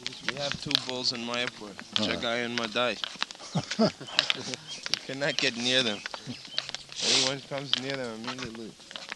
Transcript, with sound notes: We have two bulls in Māyāpura...
Ha.
Jagāi and Mādhāi...
[Laughs]
Cannot get near them. Anyone comes near them, immediately..